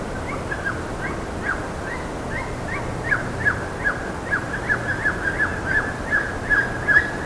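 Bird calls, a run of quick chirps, some dropping in pitch, louder in the second half, with background noise.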